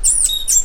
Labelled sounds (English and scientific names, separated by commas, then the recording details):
Stitchbird (Notiomystis cincta) song
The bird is a male
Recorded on Tiritiri Matangi Island, New Zealand, in 2005
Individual 2, of nest box 2